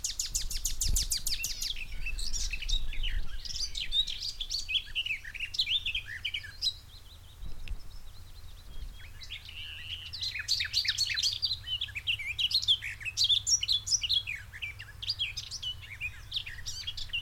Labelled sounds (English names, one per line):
Common Nightingale